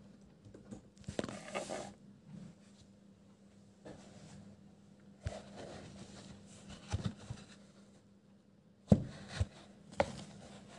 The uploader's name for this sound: Pencil ASMR, quiet space, page flipping, scribbles